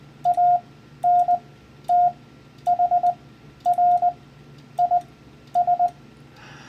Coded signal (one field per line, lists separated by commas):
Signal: Morse code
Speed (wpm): 20 wpm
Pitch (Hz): 710 Hz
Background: none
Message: ANT HR IS